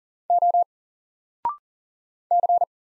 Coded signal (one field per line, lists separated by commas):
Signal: Morse code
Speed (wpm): 39 wpm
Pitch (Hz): 700 Hz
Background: none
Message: O C